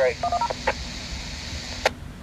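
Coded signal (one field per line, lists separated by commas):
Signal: DTMF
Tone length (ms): 50 ms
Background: speech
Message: 110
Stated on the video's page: Cuban amateur radio activity on 2 meters, heard from a cruise ship about 10 miles off Cuba.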